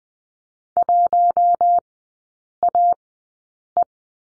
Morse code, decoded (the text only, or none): 1AE